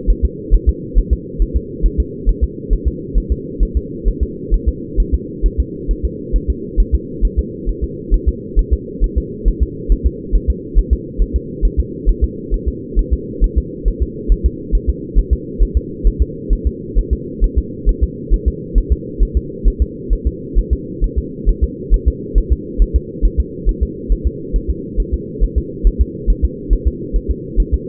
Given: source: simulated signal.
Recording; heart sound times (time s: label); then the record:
fetal heart sounds
0.10 s: S1
0.25 s: S2
0.54 s: S1
0.69 s: S2
0.98 s: S1
1.13 s: S2
1.42 s: S1
1.56 s: S2
1.86 s: S1
2.00 s: S2
2.29 s: S1
2.44 s: S2
2.73 s: S1
2.88 s: S2
3.18 s: S1
3.32 s: S2
3.63 s: S1
3.77 s: S2
4.08 s: S1
4.23 s: S2
4.54 s: S1
4.69 s: S2
5.00 s: S1
5.14 s: S2
5.46 s: S1
5.60 s: S2
5.91 s: S1
6.05 s: S2
6.36 s: S1
6.50 s: S2
6.80 s: S1
6.95 s: S2
7.25 s: S1
7.39 s: S2
7.69 s: S1
7.84 s: S2
8.14 s: S1
8.28 s: S2
8.59 s: S1
8.73 s: S2
9.04 s: S1
9.18 s: S2
9.48 s: S1
9.62 s: S2
9.92 s: S1
10.06 s: S2
10.35 s: S1
10.50 s: S2
10.78 s: S1
10.93 s: S2
11.22 s: S1
11.36 s: S2
11.65 s: S1
11.79 s: S2
12.09 s: S1
12.24 s: S2
12.54 s: S1
12.68 s: S2
12.99 s: S1
13.13 s: S2
13.44 s: S1
13.58 s: S2
13.88 s: S1
14.02 s: S2
14.32 s: S1
14.46 s: S2
14.75 s: S1
14.89 s: S2
15.19 s: S1
15.33 s: S2
15.62 s: S1
15.77 s: S2
16.07 s: S1
16.22 s: S2
16.53 s: S1
16.67 s: S2
16.98 s: S1
17.13 s: S2
17.44 s: S1
17.58 s: S2
17.89 s: S1
18.03 s: S2
18.34 s: S1
18.48 s: S2
18.78 s: S1
18.92 s: S2
19.23 s: S1
19.37 s: S2
19.68 s: S1
19.82 s: S2
20.13 s: S1
20.27 s: S2
20.58 s: S1
20.73 s: S2
21.04 s: S1
21.18 s: S2
21.49 s: S1
21.63 s: S2
21.94 s: S1
22.08 s: S2
22.38 s: S1
22.52 s: S2
22.82 s: S1
22.96 s: S2
23.25 s: S1
23.40 s: S2
23.69 s: S1
23.83 s: S2
24.12 s: S1
24.27 s: S2
24.56 s: S1
24.70 s: S2
25.00 s: S1
25.14 s: S2
25.44 s: S1
25.58 s: S2
25.87 s: S1
26.01 s: S2
26.30 s: S1
26.44 s: S2
26.73 s: S1
26.88 s: S2
27.16 s: S1
27.31 s: S2
27.60 s: S1
27.74 s: S2
From the record:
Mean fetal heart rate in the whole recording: 135 bpm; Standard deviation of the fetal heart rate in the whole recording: 3 bpm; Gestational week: 36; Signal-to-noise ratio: -4.1 dB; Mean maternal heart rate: no maternal heart sound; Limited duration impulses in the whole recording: absent